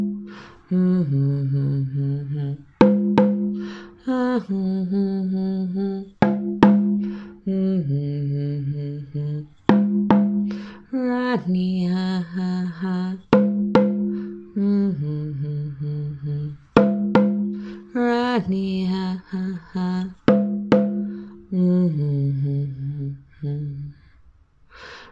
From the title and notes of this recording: Heart Chakra Activation (Mini Sound Bath).